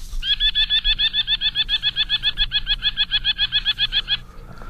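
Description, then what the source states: Merlin chattering call: a rapid, evenly spaced series of sharp, high notes running steadily for about four seconds, then stopping abruptly. Played as a mystery bird preview.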